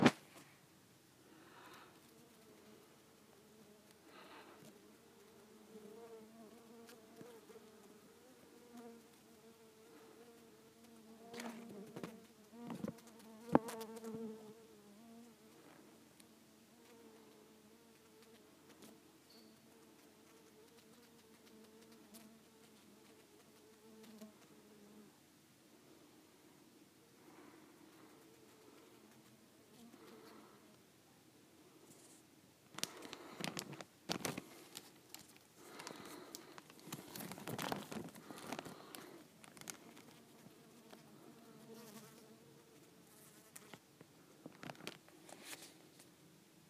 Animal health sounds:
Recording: mosquito flight sound by mobile phone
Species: Culiseta incidens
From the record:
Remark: in a plastic bag

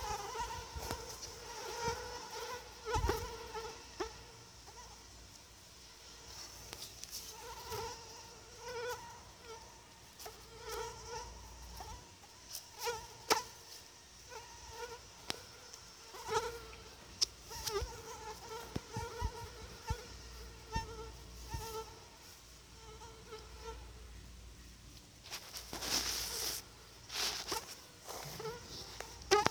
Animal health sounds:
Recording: mosquito flight sound by mobile phone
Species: Anopheles atroparvus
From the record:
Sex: female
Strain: EBRO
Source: CDC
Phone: Sony Xperia

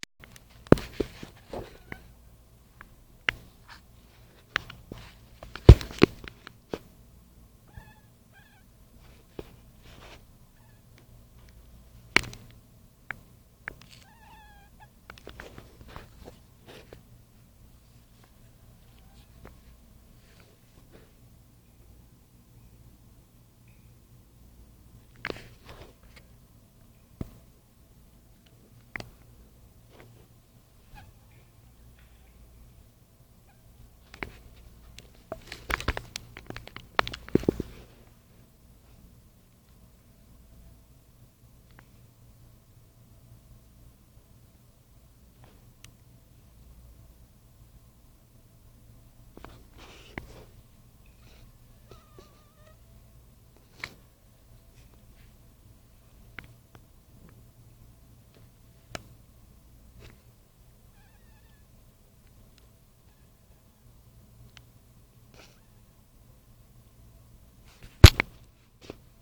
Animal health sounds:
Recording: mosquito flight sound by mobile phone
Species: Anopheles dirus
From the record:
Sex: male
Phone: Nokia 5235

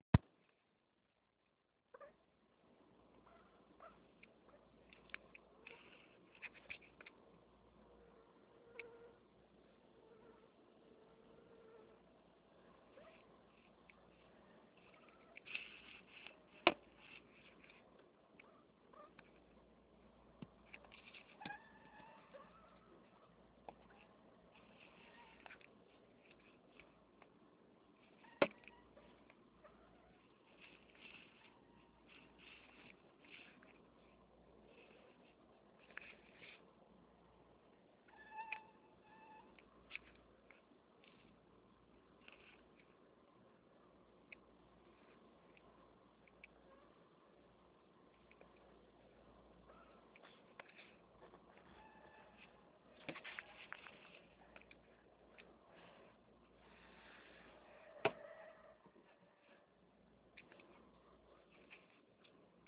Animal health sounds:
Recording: mosquito flight sound by mobile phone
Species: Anopheles minimus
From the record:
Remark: swarm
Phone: Nokia 6555B

